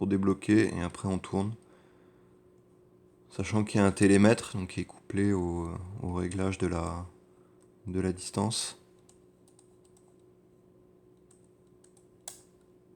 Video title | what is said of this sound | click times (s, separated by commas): Arsenal KIEV models III IV IVa IVam with Jupiter 8 8M and Hellios 103 | Voilà, il y a un petit clic. | 12.3 s